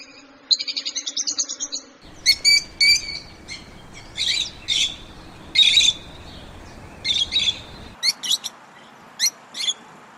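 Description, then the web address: Fischer's lovebird chirping: a rapid buzzy trill opens, then shrill squeaky chirps come in short irregular bursts. "golosa ptic kak poyut popugai nerazlucniki agapornis. parrots agapornis-fischeri"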